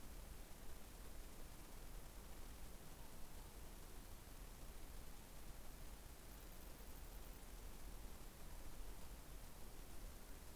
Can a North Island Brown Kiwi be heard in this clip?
no